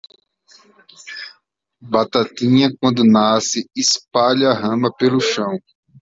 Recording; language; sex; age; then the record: short text; Brazilian Portuguese; male; 40 to 49 years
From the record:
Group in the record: control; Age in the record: 40 years